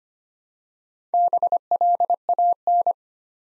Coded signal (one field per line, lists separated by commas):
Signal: Morse code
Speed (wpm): 25 wpm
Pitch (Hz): 700 Hz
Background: none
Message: BLAN